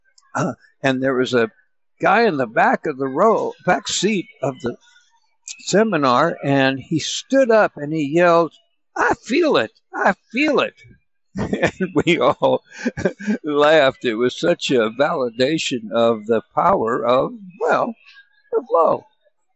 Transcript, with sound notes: and there was a guy in the back of the row, back seat of the seminar, and he stood up and he yelled, "I feel it! I feel it!" (laughs) And we all laughed. It was such a validation of the power of, well, the flow.